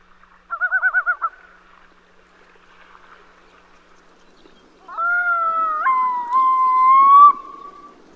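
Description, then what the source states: Yellow-billed Loon calling, a short quavering tremolo, then after a pause a long mournful wail that breaks upward and holds a steady tone. A pair recorded on a recent expedition after waiting 16 hours under a camouflage cloth; breeds in the Arctic; the call carries for miles across the tundra but is hard to record.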